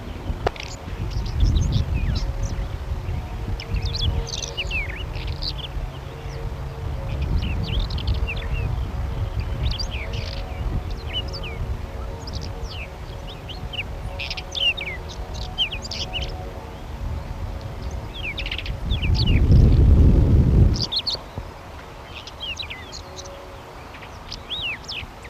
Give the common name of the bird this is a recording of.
Whinchat